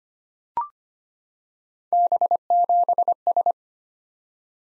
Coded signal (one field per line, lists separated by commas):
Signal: Morse code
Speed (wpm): 25 wpm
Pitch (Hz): 700 Hz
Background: none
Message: B7S